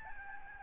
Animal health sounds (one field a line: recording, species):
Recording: mosquito wingbeat signal from an infrared sensor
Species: Aedes albopictus